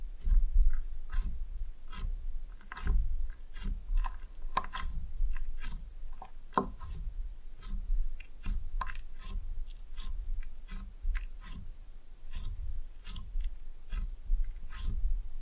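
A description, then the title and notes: Slime being pressed and mixed, with dense, irregular wet squelches and sticky pops every fraction of a second over a soft low rumble. Slime No Talking (Pressing and Mixing).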